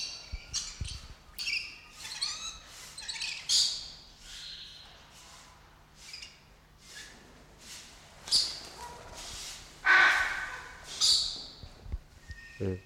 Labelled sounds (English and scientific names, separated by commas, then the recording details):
Coconut Lorikeet (Trichoglossus haematodus)
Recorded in captivity
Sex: group
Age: adult
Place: Zoo Berlin, Berlin, DE
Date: 1994-02-11 11:33
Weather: Bedeckt, 4°C
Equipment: Marantz CP 130, Sennheiser ME 80, Kopie Uher Variocord 263
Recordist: Tembrock, Günter